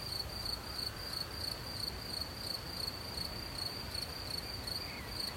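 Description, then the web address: Cricket chirps, a shrill high pulse recurring about three times each second against a quiet hissing backdrop. With soft wind. "sleep well sounds cricket soft-wind-with-crows-and-birds-in-nature"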